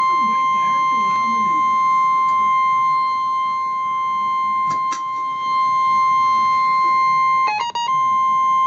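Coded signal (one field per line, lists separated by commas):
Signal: Emergency Alert System (SAME) tones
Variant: 1050 Hz attention tone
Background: speech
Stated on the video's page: Real civil emergency message received live.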